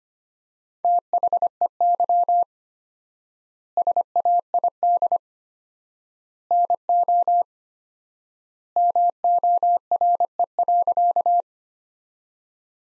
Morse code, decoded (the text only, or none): THEY SAID NO MORE.